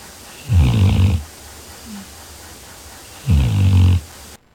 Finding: Snoring Labrador.